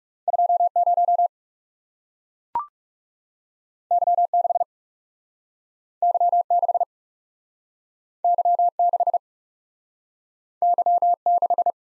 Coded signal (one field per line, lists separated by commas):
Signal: Morse code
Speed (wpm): 37 wpm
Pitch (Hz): 700 Hz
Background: none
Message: 2 0 Y 6 Y 6 Y 6 Y 6